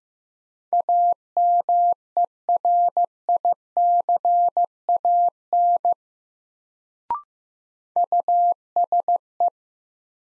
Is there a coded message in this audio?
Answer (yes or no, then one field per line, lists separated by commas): yes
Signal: Morse code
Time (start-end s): 0.7-9.5 s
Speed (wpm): 16 wpm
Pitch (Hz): 700 Hz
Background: none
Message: AMERICAN USE